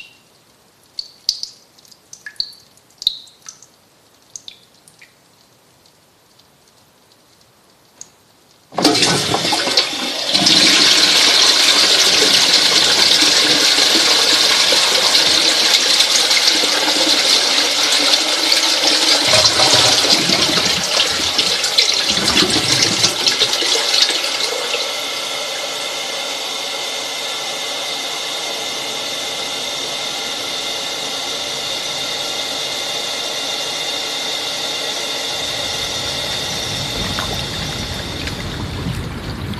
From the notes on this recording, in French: un cheminement sonore à travers des paysages aquatiques terrestres et souterrains